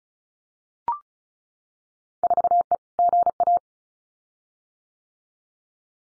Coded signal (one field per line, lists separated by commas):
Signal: Morse code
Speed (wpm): 36 wpm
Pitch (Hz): 700 Hz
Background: none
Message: 4E GA